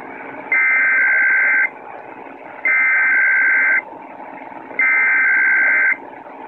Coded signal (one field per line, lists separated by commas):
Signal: Emergency Alert System (SAME) tones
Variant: header bursts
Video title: WICC Radio - EAS test - NYC great signal